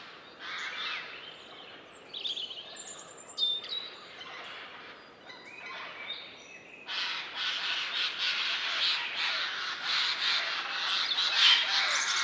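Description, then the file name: Eurasian jay giving harsh, rasping screeches in uneven bursts, running almost continuously in the second half. "Garrulus glandarius"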